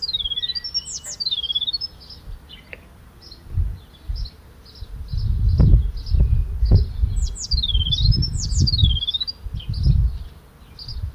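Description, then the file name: Eurasian blue tit calls: short bursts of high, sharply falling then rising notes near the start and again after seven seconds, over low rumbling and thumping noise that is heaviest in the second half. "Cyanistes caeruleus"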